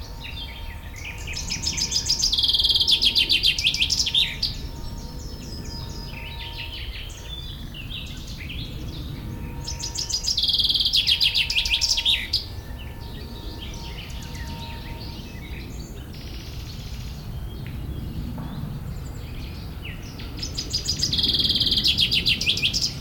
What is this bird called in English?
Common Chaffinch